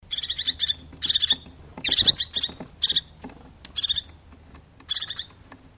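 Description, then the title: Crested tit calls: short, high, buzzy trilled bursts repeated in irregular clusters. "Viikon luontoääni: Töyhtötiainen"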